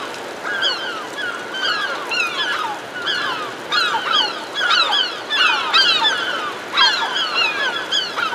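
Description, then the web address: Herring gulls calling together, many overlapping downslurred yelping cries in a dense chorus, some sharp and rising. Several herring gulls hovering overhead. "210 Nature Sounds - 20 Hours of Relaxing Natural Ambiences for Meditation and Sleep Herring Gulls Hovering Overhead"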